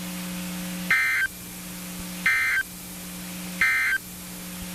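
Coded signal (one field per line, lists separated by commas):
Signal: Emergency Alert System (SAME) tones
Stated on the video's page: NOAA Weather Radio stations in Fort Worth and Waco, Texas.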